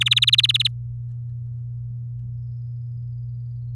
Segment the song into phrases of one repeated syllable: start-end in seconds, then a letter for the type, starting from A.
0.01-0.68 A